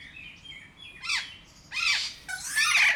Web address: allathangok jaszberenyizoo 2016 professzionalis kea hosszabbanhallgatozva 03 24